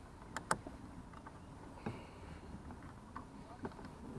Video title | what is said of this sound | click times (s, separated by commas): Thinking about buying a KayaK?? WATCH THIS! | it's locked into place and it has a kill switch that you connect right here | 0.5 s